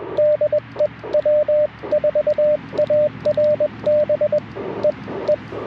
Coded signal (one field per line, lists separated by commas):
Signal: Morse code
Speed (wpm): 20 wpm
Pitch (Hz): 590 Hz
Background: radio noise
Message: DE W4ARB EE